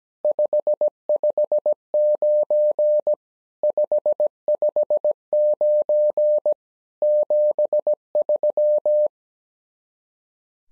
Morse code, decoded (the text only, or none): 559 559 73